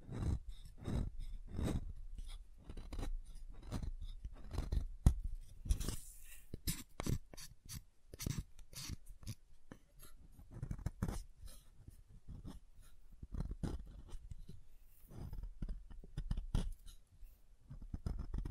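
Soap being tapped and carved, a steady stream of short, crisp knocks and scrapes coming several times a second with little pause. The hits carry a dull low thud under a dry, bright edge, and a brief rougher scraping passage stands out around six seconds.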